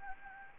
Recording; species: mosquito wingbeat signal from an infrared sensor; Anopheles gambiae